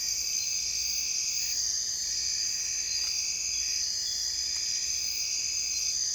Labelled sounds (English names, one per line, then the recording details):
none
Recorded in dense forest near Puerto Asís, Putumayo, Colombia, on 22 June 2025 at 01:00
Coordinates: 0.468, -76.322
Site GP03